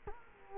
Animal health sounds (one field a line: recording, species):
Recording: mosquito wingbeat signal from an infrared sensor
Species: Culex quinquefasciatus